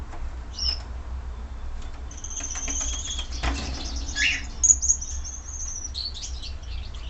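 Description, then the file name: Gouldian finch song: thin high whistles and buzzy, hissing notes scattered throughout, over a steady low hum. Red-headed individual, singing. "amadin gulda krasnogolovyi poet"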